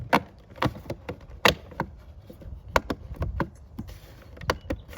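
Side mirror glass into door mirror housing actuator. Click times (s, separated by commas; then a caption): 1.5 s, 2.8 s, 4.5 s. Aftermarket side mirror glass with a plastic backing plate is angled in and pushed gently onto the mirror motor mount (actuator) in the door mirror housing of a Volvo XC60. Sharp plastic snaps ring out at 1.5, 2.8 and 4.5 s among softer taps as its plastic clips snap home. The glass is seated.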